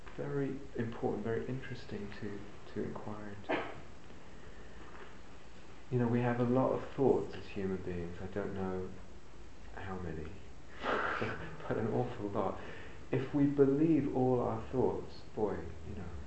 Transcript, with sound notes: Very important, very interesting to inquire into. We have a lot of thoughts as human beings. I don't know how many. [laughs] But an awful lot. If we believe all our thoughts -- boy, you know,